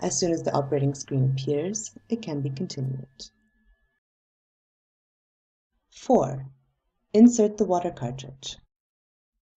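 Someone talks while a plastic water cartridge is handled for insertion into the applicator connector of a Dermagold 100 treatment device, with a quiet pause from about 3.3 to 5.9 seconds before the talking resumes. The clip ends before the cartridge goes in, so nothing has seated or clicked yet.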